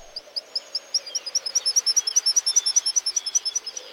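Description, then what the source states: Black guillemot calls: thin, high whistled notes repeated rapidly in a long, even series, with a faint low hum underneath. Pigeon-sized seabird breeding on Cooper Island in the Arctic Ocean; parents feed their young Arctic cod from the edge of the pack ice, now more than 25 miles away.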